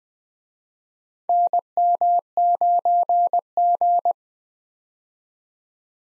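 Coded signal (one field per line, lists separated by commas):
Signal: Morse code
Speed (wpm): 20 wpm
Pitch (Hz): 700 Hz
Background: none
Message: NM9G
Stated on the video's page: Morse head-copy drill of US 4-character call signs at 20 wpm, each sent twice.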